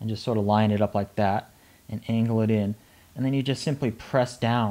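An iPad Air is lined up and angled into a plastic case shell, button side first, ready to be pressed down so its edge snaps into the rim. Someone talks throughout, with short pauses between phrases. Nothing has seated or clicked yet.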